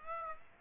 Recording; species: mosquito wingbeat signal from an infrared sensor; Aedes aegypti